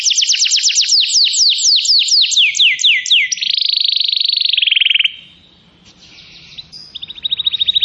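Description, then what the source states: Atlantic canary song opening with fast repeated sweeping whistles, shifting into a rapid buzzy roll, a short pause with soft notes, then another quick high trill begins. Canary song recording used as a lure to attract birds.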